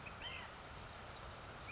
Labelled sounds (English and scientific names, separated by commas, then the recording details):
Ash-throated Flycatcher (Myiarchus cinerascens)
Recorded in Sonoma County, California